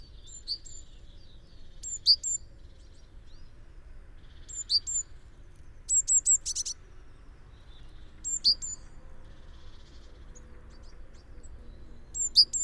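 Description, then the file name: Great tit calls: bright, high slurred notes repeated every two to four seconds, one dense buzzy burst midway, with a quiet low rumble underneath. "Parus major"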